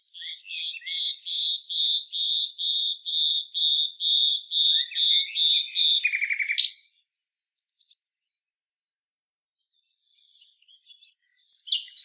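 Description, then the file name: Common nightingale song of evenly spaced piping notes, about two per second, ending in a buzzy flourish, followed by near silence and faint twittering. "Luscinia megarhynchos"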